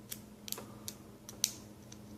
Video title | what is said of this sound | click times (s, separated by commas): boca bearing install LEWS CARBONFIRE | once you hear it click in place then you know it's in | 1.4 s